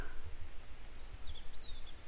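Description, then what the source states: Grey wagtail calls: two thin, high, sharp notes sliding slightly downward about a second apart, with fainter high sweeps between them, over a steady low rumble. A pair of grey wagtails still searching for their young today; follow-up report.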